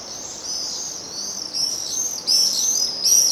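Swift uttering a near-continuous shrill scream, growing louder in stepped bursts toward the end.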